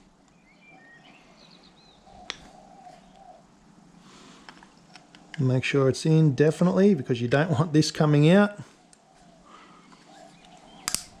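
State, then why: Seated. A second steel wrist pin circlip is pressed into the groove of the piston pin bore on the other side of a piston. Faint birdsong and small taps lead up to a stretch where someone talks. The circlip then snaps home with a sharp double click at 10.9 s and 10.9 s and is seated.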